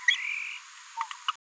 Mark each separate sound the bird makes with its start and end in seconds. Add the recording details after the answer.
0.08-0.10, 1.28-1.31. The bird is a female. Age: 23 days. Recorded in a nest box in Venezuela. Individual 17B73B2